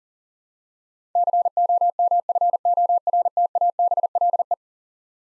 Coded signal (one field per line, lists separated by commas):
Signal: Morse code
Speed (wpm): 40 wpm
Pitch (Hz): 700 Hz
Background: none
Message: COMFORTABLE